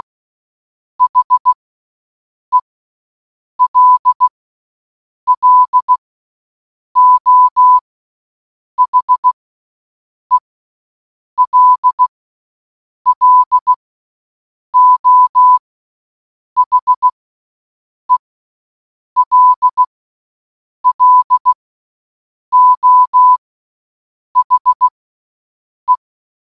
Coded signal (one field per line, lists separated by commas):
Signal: Morse code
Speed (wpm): 16 wpm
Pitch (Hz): 1000 Hz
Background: none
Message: HELLO HELLO HELLO HE